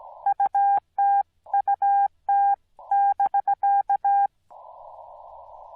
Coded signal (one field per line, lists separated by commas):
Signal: Morse code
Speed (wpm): 17 wpm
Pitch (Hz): 800 Hz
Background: none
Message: UTUT <BK>